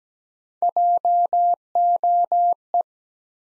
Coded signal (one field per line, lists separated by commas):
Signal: Morse code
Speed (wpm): 17 wpm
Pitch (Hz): 700 Hz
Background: none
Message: JOE